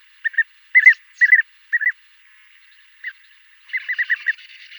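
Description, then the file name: European bee-eater calls: liquid rolling 'prruip' notes, given in quick pairs and clusters, then a denser run of notes at the end. "SHHurka zolotistaja"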